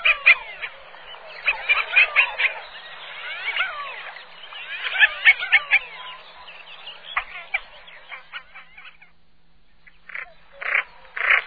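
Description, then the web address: Common pochard producing jumbled rasping notes and sliding squeaks, thinning out after about seven seconds and stopping near nine, then a few separate harsh calls near the end. "chants et cris fuligulemilouin"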